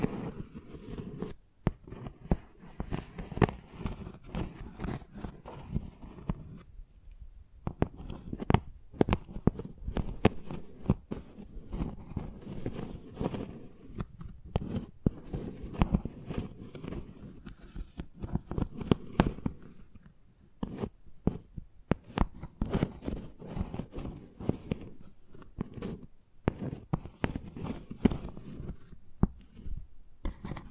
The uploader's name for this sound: Chalk Sounds Tapping, Scratching, Carving etc